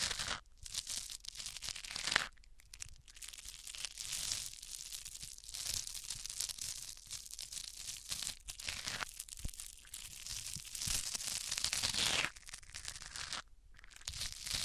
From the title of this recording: Rubbing Mics On Different Surfaces